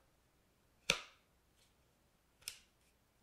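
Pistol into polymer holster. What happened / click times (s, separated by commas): The pistol snapped into the holster / 0.9 s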